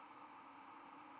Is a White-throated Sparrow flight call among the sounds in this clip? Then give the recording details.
yes. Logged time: 03:44 on 11 November 2014